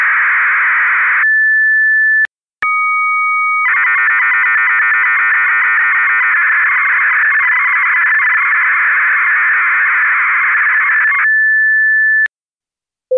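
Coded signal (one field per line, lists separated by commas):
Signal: fast PSK data mode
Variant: 8PSK1000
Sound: dense hissing data burst with steady whistle tones before, between and after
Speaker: daarnaast op het eind Als het lukt nog iets bijzonders via 8 psk 1000 net als gisteren op 1750 HZ om te decoderen heb je waarschijnlijk ook het programma FL wap nodig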